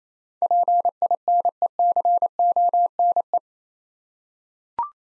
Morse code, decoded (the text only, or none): PINECONE